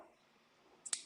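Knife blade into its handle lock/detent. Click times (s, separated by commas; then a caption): 0.9 s. A new budget folding knife is flicked open, and after a near-silent stretch a short high-pitched tick is followed by a sharp snap at 0.9 s. The blade snaps into its detent or lock position in the handle and is seated.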